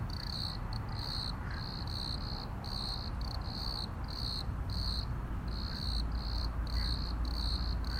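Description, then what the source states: Cricket chirping in repeated bursts about two per second, against low continuous background rumble. Crickets at Plaiaundi ecological park, Irún, Spain, on the border of the Spanish state.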